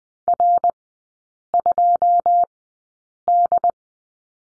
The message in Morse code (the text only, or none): R2D